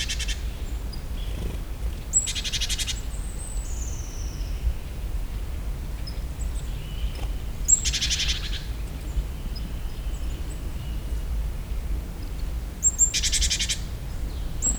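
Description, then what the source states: Great tit giving spaced, rasping churr calls roughly every five seconds, with faint thin whistles between them and constant low background noise. In nature; another call type of the species.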